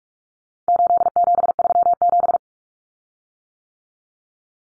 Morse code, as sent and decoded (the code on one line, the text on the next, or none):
---.. --... ...-- --...
8737